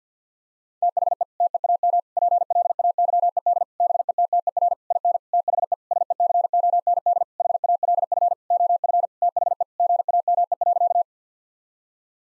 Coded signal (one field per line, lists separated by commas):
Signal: Morse code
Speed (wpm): 50 wpm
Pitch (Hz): 700 Hz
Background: none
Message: THE TEAM PLAYED BETTER IN THE SECOND HALF OF THE GAME.